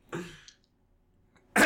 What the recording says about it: You can find my coughing on this recording.